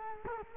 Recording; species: mosquito wingbeat signal from an infrared sensor; Culex quinquefasciatus